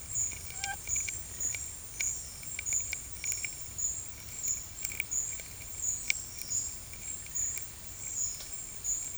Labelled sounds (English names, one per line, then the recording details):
none
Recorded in dense forest near Puerto Asís, Putumayo, Colombia, on 19 March 2025 at 13:30
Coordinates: 0.484, -76.317
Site G064